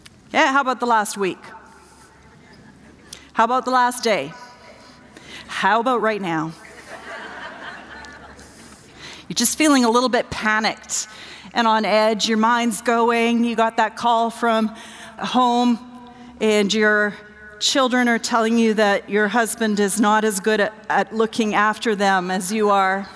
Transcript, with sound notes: How about the last week? How about the last day? How about right now!? (laughter) You’re just feeling a little bit panicked and on edge, your mind’s going. You got that call from home and your children are telling you that your husband is not as good at looking after them as you are!